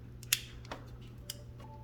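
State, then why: Seated. On a Yamaha R6 motorcycle turn signal switch assembly, the two pins on the plastic piece are pressed into the two openings in the metal switch housing plate. A sharp click at 0.3 s marks them snapping into place, with a few fainter ticks around 0.7 s and 1.3 s. The pins are seated.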